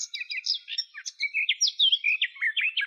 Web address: Sylvia borin